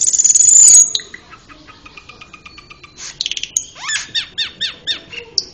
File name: cucak keling